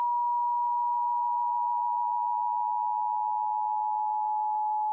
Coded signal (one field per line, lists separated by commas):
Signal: Emergency Alert System (SAME) tones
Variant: 853 and 960 Hz attention tone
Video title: The Great South Blizzard- EAS Scenario (REMAKE)